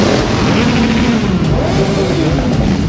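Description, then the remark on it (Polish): A steady, loud roar of motorcycle engines revving together during the Independence motorcycle parade through the streets of Wrocław, Poland, their pitch swelling and dipping as the parade of bikes rumbles past without pause. No one speaks. “Barwna kawalkada motocyklistów zrobiła na mieszkańcach wrażenie.”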